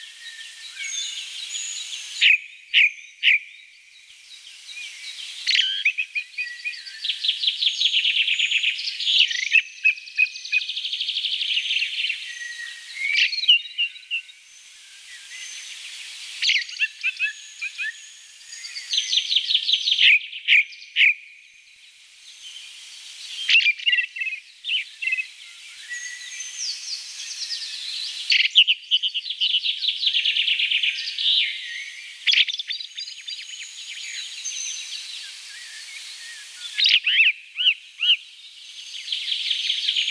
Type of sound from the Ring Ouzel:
song